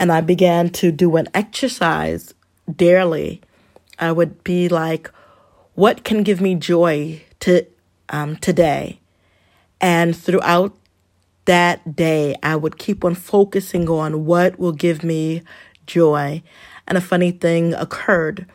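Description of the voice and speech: A woman who has stuttered all her life speaks at an unhurried pace with frequent pauses. She stretches a sound and pauses before 'joy', and breaks off 'to' with an 'um' before 'today'. These blocks, prolongations and hesitations, heard as stumbling on words, fit mild stuttering within otherwise fluent speech.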